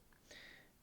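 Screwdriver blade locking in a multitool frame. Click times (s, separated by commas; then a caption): 0.3 s. A screwdriver bit on a steel Leatherman Wingman multitool is flipped open, and its lock engages with a short, bright tick at 0.3 s. The screwdriver locks into place in the multitool frame.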